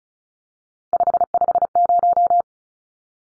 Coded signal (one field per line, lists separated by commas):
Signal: Morse code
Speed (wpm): 34 wpm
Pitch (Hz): 700 Hz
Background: none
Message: 550